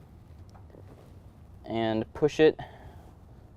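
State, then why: Not seated. A parking sensor is fitted and lined up into the welded tabs on the steel center section of a Road Armor Vaquero Guard front bumper for a 2017 Chevy Silverado 2500, ready to be pushed home. Only faint handling ticks are heard near 0.5 and 0.7 seconds before someone talks. Nothing has seated or clicked yet.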